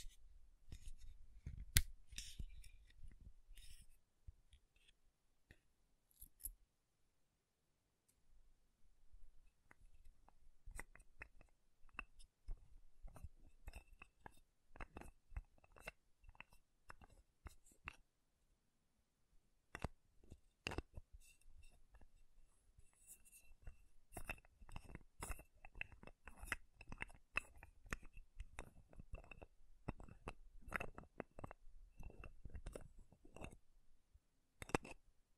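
Makeup tapping and scratching: quick, irregular clicks and taps with dry scratchy rustles in between, coming in busy bursts. Activity thins around 7–9 seconds and pauses briefly near 19 seconds, then resumes denser, with some bright, crisp taps toward the end.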